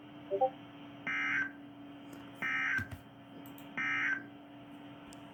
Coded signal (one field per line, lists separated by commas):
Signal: Emergency Alert System (SAME) tones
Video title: EAS #22 Severe Thunderstorm Warning on KIH27 in Tulsa OK. (04/15/2022)